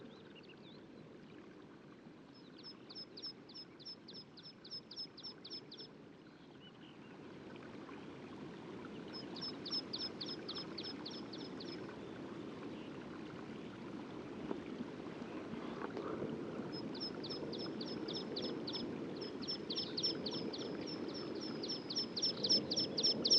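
Birds at daybreak on the Col du Granon: a high, rapid trill of evenly spaced notes comes in three bursts, early, mid-clip and again toward the end. Beneath it runs a steady low rushing murmur, like flowing water, growing gradually louder.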